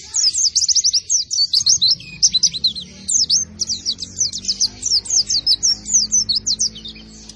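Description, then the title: White-eye giving a brisk series of high squeaky notes and quick downslurred chips, delivered in an energetic, chattering rhythm. Bird singing in intense, continuous 'gacor' style, reportedly fed only banana without doping supplements. "Pleci Gacor Tanpa Doping Hanya Pake Pisang"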